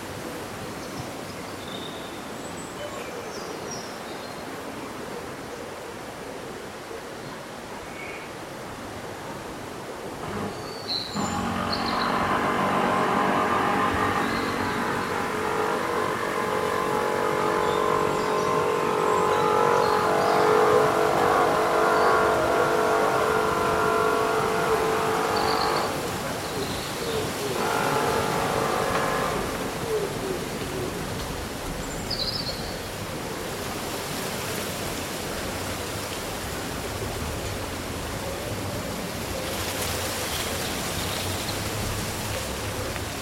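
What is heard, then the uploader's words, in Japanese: Leaves rustle steadily in a summer breeze, swelling louder from about eleven to thirty seconds, with a few brief, scattered bird chirps. そよ風の吹く夏の日、ざわめく葉と鳥のさえずり。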